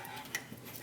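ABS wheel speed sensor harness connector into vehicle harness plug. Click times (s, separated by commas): 0.3 s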